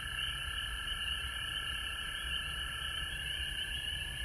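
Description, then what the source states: Frogs calling in a dense chorus, a steady trilling band mid-high with a lower continuous drone beneath, plus a faint low rumble throughout. Recorded at home in Georgia on March 19, 2020.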